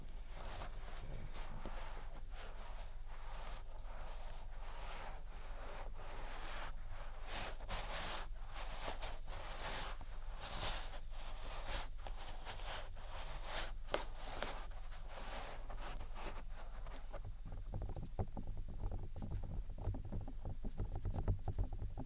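Ear attention sounds: steady dense rubbing and tapping with bright swishes and a low constant hum, turning into quicker, sharper crackles after seventeen seconds.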